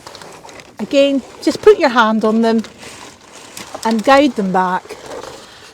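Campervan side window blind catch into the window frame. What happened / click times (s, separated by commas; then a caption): The part is being guided along but has not clicked home yet / none. A pleated side window blind in a campervan is being guided back along its rail toward the window frame. Someone talks while small handling sounds and faint crinkles come through. Nothing has seated or clicked yet; the plastic catch has not locked into the frame.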